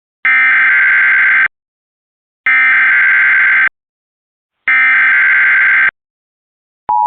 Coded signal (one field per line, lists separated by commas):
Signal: Emergency Alert System (SAME) tones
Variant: header bursts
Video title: 12/10/21 | EAS PDS Tornado Warning Benton, KY COMCAST